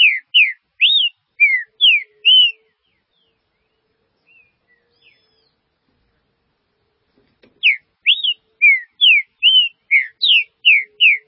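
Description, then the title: Green-winged saltator song: a burst of loud whistled slurs, a long quiet gap, then the whistled phrase resuming. "Trinca Ferro"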